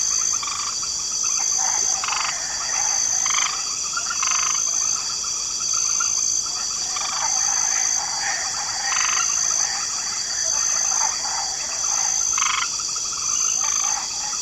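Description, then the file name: Frog chorus of repeated grating croaks in loose overlapping bursts, accompanied by a steady shrill insect background. Light chorus of frogs in a swamp ambience. "Swamp Ambience 2 Special Mix Light Chorus of Frogs"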